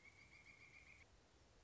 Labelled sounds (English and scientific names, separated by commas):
Pileated Woodpecker (Dryocopus pileatus)